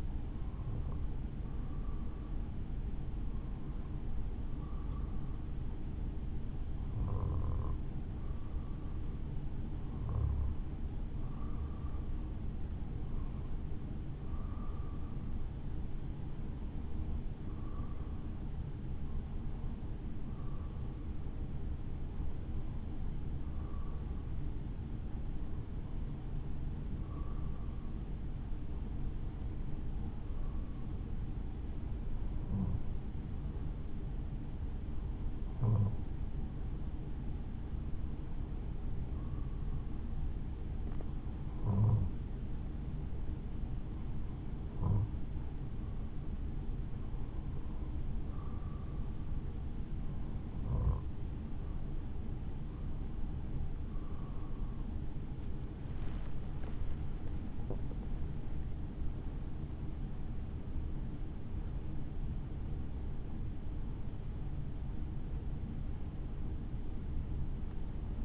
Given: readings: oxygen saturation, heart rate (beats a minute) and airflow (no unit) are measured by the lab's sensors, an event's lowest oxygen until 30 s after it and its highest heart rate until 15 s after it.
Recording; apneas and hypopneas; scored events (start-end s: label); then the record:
breathing in sleep by a smartphone at the bedside; 1
21.00-54.00 s: hypopnea (N2, oxygen 94% highest, then 93% lowest, heart rate 56 at the start, 72 highest)
47.00-68.25 s: new sleep stage, N1 (lightest sleep)
From the record:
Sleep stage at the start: N2 (light sleep); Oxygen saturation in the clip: 93 to 94%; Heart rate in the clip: 54 to 72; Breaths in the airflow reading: 22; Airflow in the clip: -7.8 to 9.0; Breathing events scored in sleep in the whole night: 216 in 7.0 hours asleep